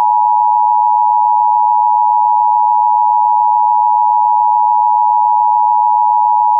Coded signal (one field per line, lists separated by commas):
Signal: Emergency Alert System (SAME) tones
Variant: 853 and 960 Hz attention tone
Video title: EAS Administrative Message For Missing Special Needs Child Mesa, Arizona (Silver Alert)